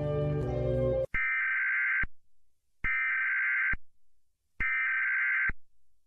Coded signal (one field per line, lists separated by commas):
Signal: Emergency Alert System (SAME) tones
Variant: header bursts